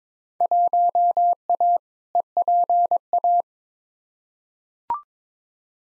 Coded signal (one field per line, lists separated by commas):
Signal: Morse code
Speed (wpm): 22 wpm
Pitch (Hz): 700 Hz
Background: none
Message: 1A EPA